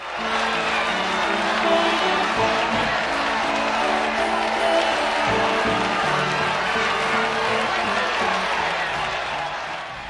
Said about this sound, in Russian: Раздался гром аплодисментов.